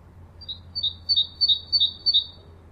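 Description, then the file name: Great tit song: a rapid series of short high two-note phrases, each pair stepping down, with faint low hum beneath. "Parus major"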